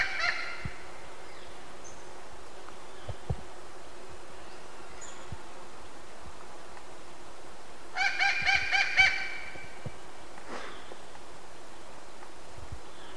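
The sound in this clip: Thick-billed parrot calls: a brief rough note at the start, then a loud run of four or five raspy, harmonic calls after eight seconds, with faint rustling and hiss.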